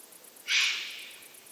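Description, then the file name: Eurasian eagle-owl giving one loud, breathy, rasping hiss that starts abruptly and tails off over about three-quarters of a second. Juvenile. "puchacz mlodociany"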